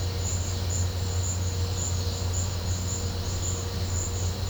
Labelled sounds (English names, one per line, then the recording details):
none
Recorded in pastures near Puerto Asís, Putumayo, Colombia, on 21 December 2024 at 13:00
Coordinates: 0.502, -76.324
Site G077